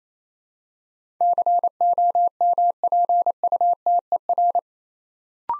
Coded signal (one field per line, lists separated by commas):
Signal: Morse code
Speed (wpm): 29 wpm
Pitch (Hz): 700 Hz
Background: none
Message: COMPUTER